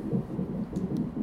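Rapid, regular whooshing pulses come from a fetal heart monitor. This is the heartbeat of a baby girl, picked up by Doppler at the hospital during labor, set against low room hum.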